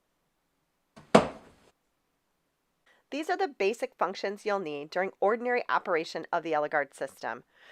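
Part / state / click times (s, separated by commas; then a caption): neck support clipping onto posts of an immobilisation mattress / seated / 1.1 s. The removable neck support of an Elegard spinal immobilisation mattress is pressed down, with its clips lined up over the posts, and snaps into place with a sharp, loud click at 1.2 s, just after a faint tap at about 1.0 s. After a short silence, someone talks from about 3.1 s to the end.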